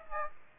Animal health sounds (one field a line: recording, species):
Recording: mosquito wingbeat signal from an infrared sensor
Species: Aedes aegypti